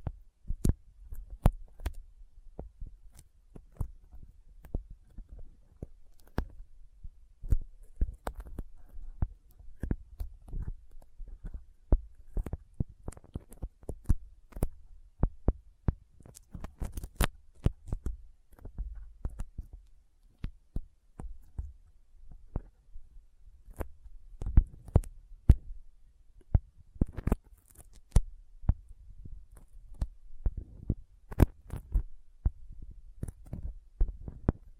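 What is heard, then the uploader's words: Sticky fingers peel and tap, making a dense, irregular run of sharp clicks and tacky snaps that crowd together at times, with brief pauses between. A soft low thumping rumble sits underneath throughout. ASMR Intense Sticky Finger Sounds (No Talking).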